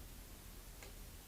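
A cable connector is pressed in and forward into the circuit board of a Samsung TV during a DIY backlight repair for white spots caused by fallen lenses. Against steady low background noise, one short, bright click sounds at 0.8 s as the connector seats. The connector is confirmed clicked in.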